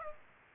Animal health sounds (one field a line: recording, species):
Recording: mosquito wingbeat signal from an infrared sensor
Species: Aedes aegypti